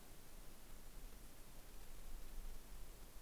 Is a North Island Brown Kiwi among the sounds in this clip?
no